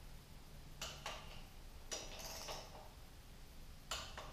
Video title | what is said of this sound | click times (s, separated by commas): Airhead Valve Adjust | You can hear that click. | 3.9 s